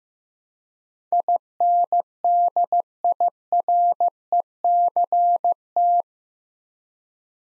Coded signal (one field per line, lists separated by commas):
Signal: Morse code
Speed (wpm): 15 wpm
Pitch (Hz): 700 Hz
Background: none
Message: INDIRECT